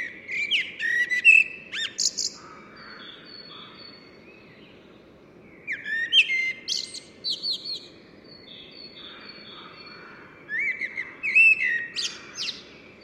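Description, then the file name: Common blackbird singing three fluting phrases several seconds apart, each closing with a thin, scratchy twittered flourish, against constant low-pitched background noise. "Turdus merula"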